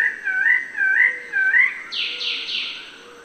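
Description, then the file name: Bird-of-paradise song: slurred whistled notes rising and falling in three phrases, then a run of harsh, buzzy bursts higher up. "Canto-do-Pássaro-do-Paraíso"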